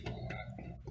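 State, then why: Not seated. A plastic bulb holder is being handled inside a car's rear light cluster, twisted clockwise into the lamp housing. Brief sharp handling sounds come at about 0.1 s and 0.3 s over a steady low hum, and someone talks. Nothing has seated or clicked yet; the holder is not yet home in the housing.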